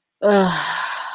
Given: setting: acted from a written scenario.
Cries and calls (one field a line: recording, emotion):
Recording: vocal sound without words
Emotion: guilt